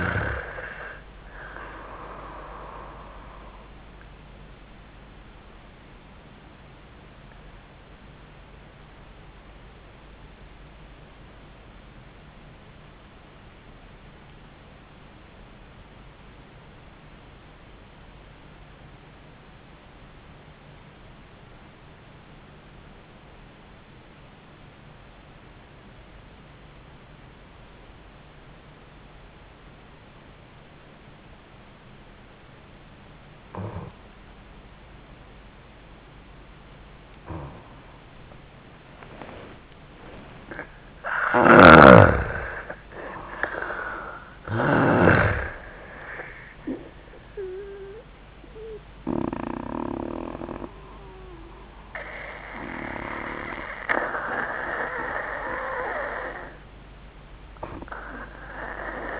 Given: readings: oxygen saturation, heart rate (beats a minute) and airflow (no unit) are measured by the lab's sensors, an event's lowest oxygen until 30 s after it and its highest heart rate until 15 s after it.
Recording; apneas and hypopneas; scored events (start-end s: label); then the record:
breathing in sleep by a voice recorder at the bedside; 1
6.00-38.60 s: obstructive apnea (N1, oxygen 97% highest, then 80% lowest, heart rate 72 at the start, 81 highest)
6.00-59.20 s: new sleep stage, N1 (lightest sleep)
From the record:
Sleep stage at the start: N2 (light sleep); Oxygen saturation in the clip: 81 to 97%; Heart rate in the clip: 66 to 86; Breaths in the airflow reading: 4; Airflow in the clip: -15.1 to 12.6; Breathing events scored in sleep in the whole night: 400 in 8.7 hours asleep